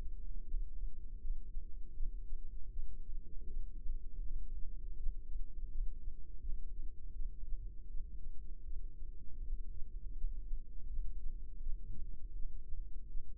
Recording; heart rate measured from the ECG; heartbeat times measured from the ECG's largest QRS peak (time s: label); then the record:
heart sounds by microphone in the right ear; 81 bpm
0.45 s: heartbeat
1.19 s: heartbeat
1.94 s: heartbeat
2.71 s: heartbeat
3.48 s: heartbeat
4.24 s: heartbeat
4.97 s: heartbeat
5.69 s: heartbeat
6.41 s: heartbeat
7.14 s: heartbeat
7.89 s: heartbeat
8.65 s: heartbeat
9.41 s: heartbeat
10.15 s: heartbeat
10.88 s: heartbeat
11.61 s: heartbeat
12.34 s: heartbeat
13.08 s: heartbeat
From the record:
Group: healthy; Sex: female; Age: 51 years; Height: 162 cm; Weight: 70.04 kg